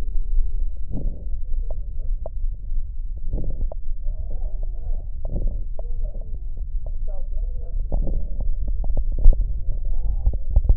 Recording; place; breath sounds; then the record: lung sounds by stethoscope; left posterior lower chest; expiratory wheeze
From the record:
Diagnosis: COPD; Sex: male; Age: 76 years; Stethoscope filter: extended mode, 50 to 500 Hz